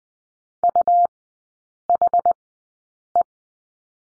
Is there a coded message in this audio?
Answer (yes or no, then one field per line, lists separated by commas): yes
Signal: Morse code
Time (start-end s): 0.6-3.2 s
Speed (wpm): 20 wpm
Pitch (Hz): 700 Hz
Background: none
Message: UHE